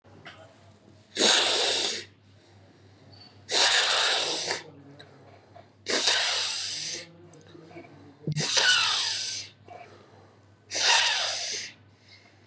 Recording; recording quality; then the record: shallow breathing; excellent, no background noise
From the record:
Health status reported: recovered from COVID-19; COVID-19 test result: positive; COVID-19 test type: RT-PCR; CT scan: not taken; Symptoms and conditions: diabetes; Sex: male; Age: 56 years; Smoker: yes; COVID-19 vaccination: both doses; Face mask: worn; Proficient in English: yes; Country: India